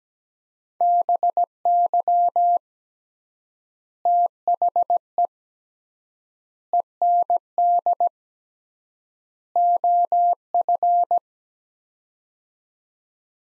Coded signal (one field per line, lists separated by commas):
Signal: Morse code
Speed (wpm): 17 wpm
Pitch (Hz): 700 Hz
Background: none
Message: BY THE END OF